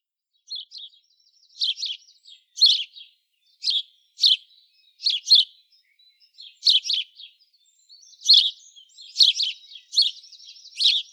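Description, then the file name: House Sparrow calls: loud, scratchy chirps repeated at an uneven pace, sometimes doubled, continuing steadily throughout. "Passer domesticus"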